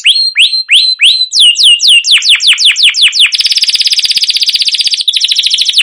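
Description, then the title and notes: Canary song opening with repeated downslurred whistles, speeding into a dense, fast buzzy trill that runs on steadily. Domestic canary singing a long continuous rolling song (ngerol, gacor panjang), used as a lure to train other canaries. "CUIT CUIT NGEROL LANGSUNG GACOR PANJANG Kenari Ini AMPUH Utk Pancingan KENARI PAUD BELAJAR BUNYI. burung kenari"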